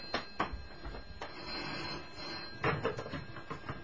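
signal or alarm, telephone ringing

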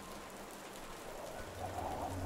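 nature, heavy rain pouring down

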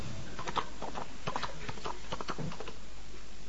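animal, horse hooves clip-clopping

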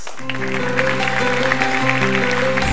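crowd, audience applause

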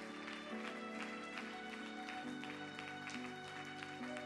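crowd, audience clapping hands

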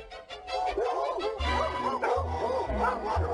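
animal, dog barking

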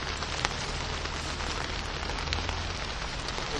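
nature, rain falling

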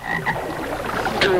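sound effect, frog croaking

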